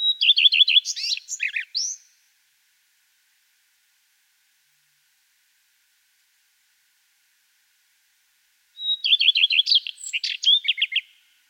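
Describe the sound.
Common redstart song: two short phrases separated by a long pause, each opening with a high thin note, then a quick run of repeated notes and a varied twittering ending.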